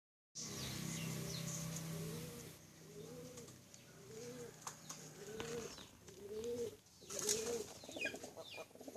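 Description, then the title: Bird calling with a series of arched notes repeated about once a second, with a low hum beneath and faint higher chirps. Female bird. "Burung Betina"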